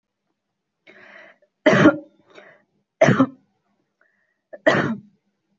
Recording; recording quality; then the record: heavy voluntary cough; excellent, no background noise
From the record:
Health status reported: healthy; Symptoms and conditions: none ticked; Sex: female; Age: 23 years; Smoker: not ticked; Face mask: not worn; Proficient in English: yes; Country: India